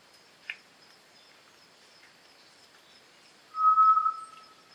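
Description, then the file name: Solitary tinamou song: after a brief click, a long, even, clear whistle at low pitch holds steady and slowly tapers away. "macuco"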